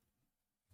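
A flipped-around, off-centre LEGO sub-assembly is handled and pressed onto a LEGO Star Trek Type-15 Shuttlepod model, with quiet low plastic rustling through most of the clip. The noise rises sharply near the end, with a brief sharp tick at 0.8 s. Nothing has seated or clicked into place yet.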